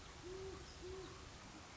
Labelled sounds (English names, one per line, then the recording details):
Great Horned Owl
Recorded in Sonoma County, California